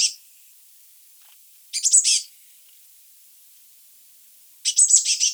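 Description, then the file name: Eurasian blue tit gives short rasping churrs of quick high notes, two full bursts about three seconds apart after a clipped opening one. "Cyanistes caeruleus"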